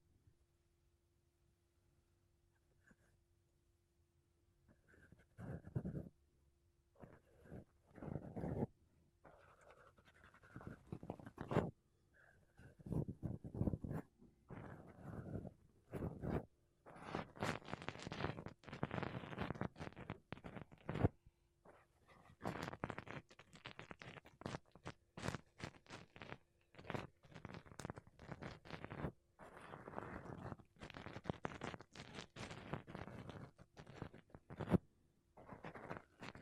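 Makeup brushes and a sponge rub against a microphone in close, soft strokes. After about five seconds of near silence, swishy bursts begin and grow denser, arriving in quick irregular runs with brief pauses. A faint steady hum sits underneath throughout.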